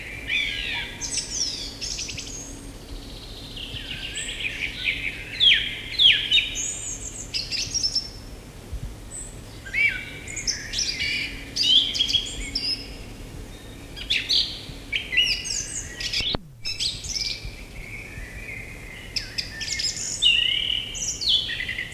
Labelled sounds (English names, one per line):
Song Thrush song